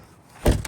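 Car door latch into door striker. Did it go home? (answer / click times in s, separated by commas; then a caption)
no / none. A car door with its latch frozen from slush and subzero cold is pushed shut against the door striker. A low thud lands at about 0.5 s, followed by a short, sharper knock at about 0.6 s. The latch does not catch, and the door has not latched.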